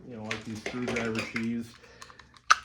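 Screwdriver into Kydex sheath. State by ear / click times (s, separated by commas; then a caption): seated / 2.5 s. Someone talks, then a screwdriver tool is pushed into a molded Kydex sheath, with a few faint ticks before a sharp click at 2.5 s. The tool snaps in and is seated, held securely so it is not going anywhere.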